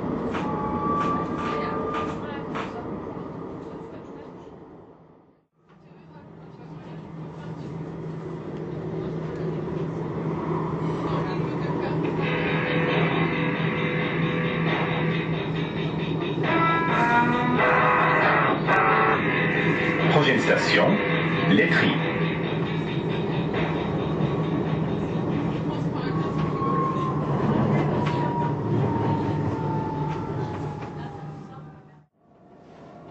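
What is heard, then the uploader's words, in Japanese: Inside a moving train, a steady low rumble and hum fill the car as an arrival announcement plays, with a bright chime melody ringing through the middle section. Near the end a falling whine suggests the train slowing, and the sound briefly cuts out twice. ストラスブールのトラム（メロディが秀逸）。フランス訪問の際に収録したトラムのチャイム。ストラスブールのトラムでは、到着の車内放送でメロディが流れるのですが、そのバリエーションが豊富でしかもセンスのいいものとなっています。いろいろなメロディをつなげてみました。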